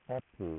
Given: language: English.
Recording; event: throat vibration sensor signal played as sound; speech